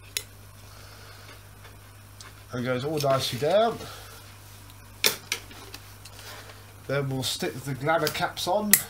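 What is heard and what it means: A plastic part is pushed onto a Dyson DC04 vacuum cleaner and clicks into place at 0.2 seconds with a sharp snap, then slides nicely down into place. Someone talks, and more short knocks and taps follow around 5.1 and 5.3 seconds and near the end.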